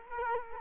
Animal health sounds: mosquito wingbeat signal from an infrared sensor; Culex quinquefasciatus

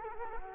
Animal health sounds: mosquito wingbeat signal from an infrared sensor; Culex quinquefasciatus

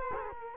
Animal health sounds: mosquito wingbeat signal from an infrared sensor; Culex quinquefasciatus

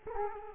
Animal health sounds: mosquito wingbeat signal from an infrared sensor; Culex quinquefasciatus

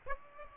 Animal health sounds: mosquito wingbeat signal from an infrared sensor; Aedes aegypti

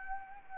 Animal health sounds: mosquito wingbeat signal from an infrared sensor; Anopheles arabiensis

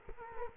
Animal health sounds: mosquito wingbeat signal from an infrared sensor; Culex quinquefasciatus

